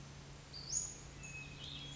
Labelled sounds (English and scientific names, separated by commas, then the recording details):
Western Flycatcher (Empidonax difficilis)
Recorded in Sonoma County, California